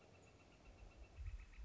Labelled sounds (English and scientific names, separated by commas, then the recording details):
Northern Flicker (Colaptes auratus)
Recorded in Sonoma County, California